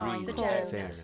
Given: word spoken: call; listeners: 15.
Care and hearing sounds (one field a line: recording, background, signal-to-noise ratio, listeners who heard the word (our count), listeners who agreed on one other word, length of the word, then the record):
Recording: one English word in noise, from a listening test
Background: four-talker babble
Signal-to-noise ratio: -0.8 dB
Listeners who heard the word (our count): 1 of 15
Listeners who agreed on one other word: 13 of 15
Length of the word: 0.64 s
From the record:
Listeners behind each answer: 13, 1, 1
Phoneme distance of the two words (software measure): 51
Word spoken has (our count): 1 syllable, 3 phonemes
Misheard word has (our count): 2 syllables, 6 phonemes, stress on syllable 2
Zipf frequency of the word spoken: 5.54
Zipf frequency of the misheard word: 4.63